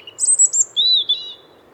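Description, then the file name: European robin giving thin, high whistled notes, then a sliding, wavering whistle lower down, over a steady low hum. "Golosa ptic i zverei - Zaryanka"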